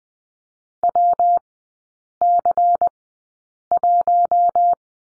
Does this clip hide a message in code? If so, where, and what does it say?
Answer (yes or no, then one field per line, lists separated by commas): yes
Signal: Morse code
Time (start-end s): 0.8-4.7 s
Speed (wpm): 20 wpm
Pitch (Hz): 700 Hz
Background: none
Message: WC1